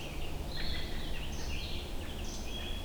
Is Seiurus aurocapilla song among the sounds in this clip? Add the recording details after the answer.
no. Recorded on 21 June 2016 at 06:50. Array SBT-6-76